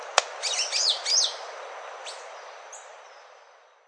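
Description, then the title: Yellow-green grosbeak: a quick burst of sharp, high chirping notes lasting about a second, after a single click, then a few faint notes over steady background hiss. "LuckyPassaro Completos2Sama. Yellow-green Grosbeak (Caryothraustes canadensis)"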